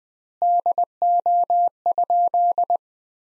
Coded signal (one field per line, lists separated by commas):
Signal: Morse code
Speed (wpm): 20 wpm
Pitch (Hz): 700 Hz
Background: none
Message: DO?